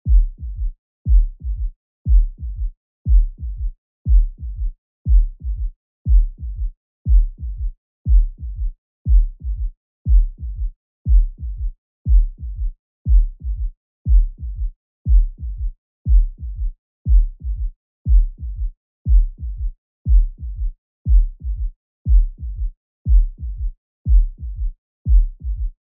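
Regular low-pitched heart sounds at about 60 beats a minute, each beat a cluster of closely spaced thuds with a faint extra sound after the second, giving a three-beat gallop cadence. An S3 gallop, a third heart sound that often signals ventricular volume overload or heart failure.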